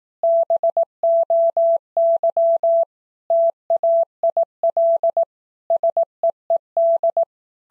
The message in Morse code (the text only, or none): BOY TAIL SEED